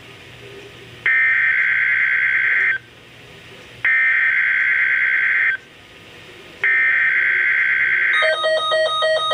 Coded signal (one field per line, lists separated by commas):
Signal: Emergency Alert System (SAME) tones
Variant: header bursts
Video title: EAS - Required Weekly Test - June 6, 2012